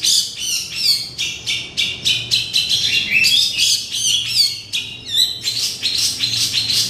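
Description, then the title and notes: Oriental magpie-robin song of rapid sharp chips interspersed with ringing whistled slurs and short trills, delivered in quick succession, with a soft low hum behind. "Kicau Kacer. manukmanukan"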